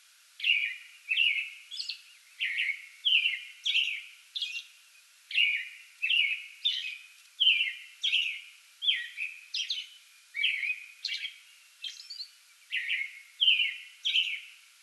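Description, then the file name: American robin singing a steady, rapid run of caroling phrases, each a slurred down-sweeping whistle, about one and a half per second, interspersed with faint high hissy notes. Pre-dawn song bout recorded on 8 May 2022. "2022-05-08 American Robin pre-dawn song bout"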